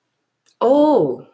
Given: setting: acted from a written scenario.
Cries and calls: vocal sound without words; realization

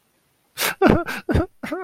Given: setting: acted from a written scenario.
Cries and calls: vocal sound without words; sadness

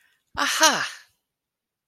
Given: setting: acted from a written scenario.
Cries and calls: vocal sound without words; pride

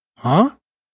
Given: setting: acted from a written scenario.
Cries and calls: vocal sound without words; confusion

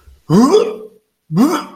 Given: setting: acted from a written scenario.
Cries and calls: vocal sound without words; disgust

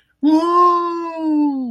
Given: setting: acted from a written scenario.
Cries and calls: vocal sound without words; triumph

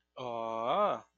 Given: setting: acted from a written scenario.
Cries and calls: vocal sound without words; positive surprise

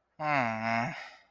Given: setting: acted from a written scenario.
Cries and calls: vocal sound without words; disappointment

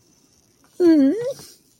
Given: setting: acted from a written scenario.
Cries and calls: vocal sound without words; disgust

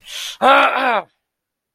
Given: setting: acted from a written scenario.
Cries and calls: vocal sound without words; pain

